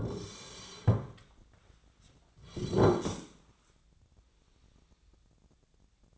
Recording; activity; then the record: daily activity, microphone in the room; sit down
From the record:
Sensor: 3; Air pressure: 1009.2 hPa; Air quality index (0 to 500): 184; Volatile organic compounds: 3 ppm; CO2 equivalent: 1481 ppm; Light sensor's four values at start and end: 34/90/39/40 and 51/132/58/59